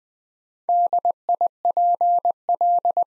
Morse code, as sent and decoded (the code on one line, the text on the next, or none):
-.. .. .--. .-..
DIPL